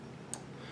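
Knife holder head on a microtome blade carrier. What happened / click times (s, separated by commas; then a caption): The knife holder head clicked into its detent / 0.3 s. After the lever is released, the knife holder head on a microtome blade carrier is moved to one of three blade positions; the blade is divided into three parts because the knife gets blunt after several uses. A single short, bright click at 0.3 s stands out over steady low background noise as the head seats into its detent.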